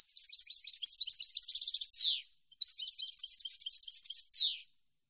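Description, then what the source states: European goldfinch song: two fast bursts of tinkling, twittering notes, each ending in a descending buzzy slur, with a short pause between them. Clean goldfinch song for copying, used to train birds to sing.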